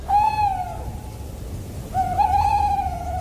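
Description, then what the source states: Owl hooting twice, each a sustained tone with a slight rise then gentle fall, the second longer and wavering, over a low background hum. Very well-known night sound, played as a radio quiz example.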